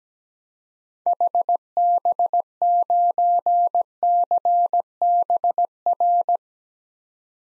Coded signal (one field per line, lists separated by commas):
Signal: Morse code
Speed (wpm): 17 wpm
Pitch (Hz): 700 Hz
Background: none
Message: HB9CBR